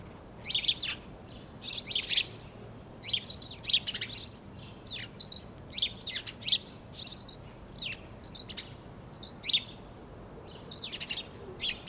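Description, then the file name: House sparrow chirps, a steady run of bright, high chirps in quick clusters, some doubled, continuing through the whole stretch with faint low background hum. "Passer domesticus"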